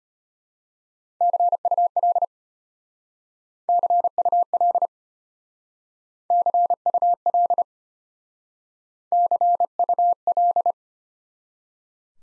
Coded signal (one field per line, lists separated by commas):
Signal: Morse code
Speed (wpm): 32 wpm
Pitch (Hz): 700 Hz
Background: none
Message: CUL CUL CUL CUL